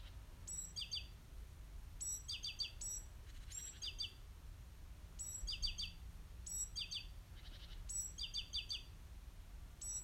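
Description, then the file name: Great tit calls: short clusters of high, sharp notes, a thin whistle followed by stacked chirps, repeated several times over a steady low rumble. "Parus major"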